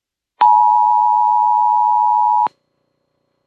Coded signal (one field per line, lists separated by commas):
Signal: Emergency Alert System (SAME) tones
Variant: 853 and 960 Hz attention tone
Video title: November Marginal, EAS Alerts From 11/8/25: EAS #913-919